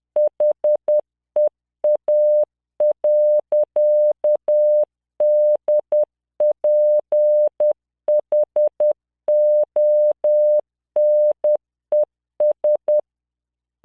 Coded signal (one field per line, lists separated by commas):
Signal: Morse code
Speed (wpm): 10 wpm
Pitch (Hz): 600 Hz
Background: none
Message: HEA.DPHONES